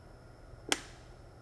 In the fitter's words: Push this one harder into the port. When you hear the click, which means the device is locked.